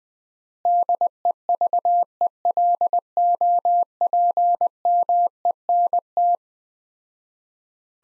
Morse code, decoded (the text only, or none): DEVELOPMENT